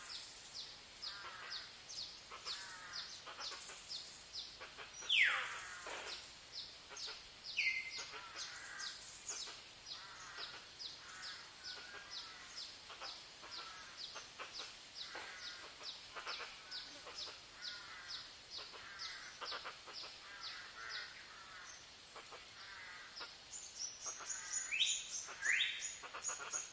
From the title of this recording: Sound in the forest